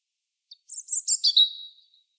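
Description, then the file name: European robin song, a short phrase of very high, scratchy twitters that drops into a pure, thin whistle fading away. "Erithacus rubecula"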